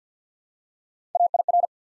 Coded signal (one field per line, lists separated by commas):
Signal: Morse code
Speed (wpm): 48 wpm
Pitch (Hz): 700 Hz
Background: none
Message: AIR